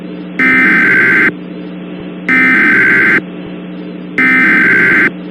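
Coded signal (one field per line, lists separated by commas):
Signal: Emergency Alert System (SAME) tones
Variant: header bursts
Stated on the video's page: Fictional EAS scenario.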